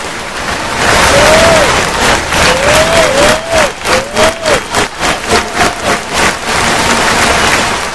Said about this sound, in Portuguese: Lembrando só uma coisa, palmas para Alecrim!